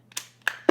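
A plastic toy bunny sits in a spring-loaded hole in a plastic game base. The button on the base is pressed and the bunny pops out with a sharp snap at 0.5 s, so it is released. Softer taps come before the snap and another sharp knock follows at 0.7 s, with a low steady hum underneath throughout.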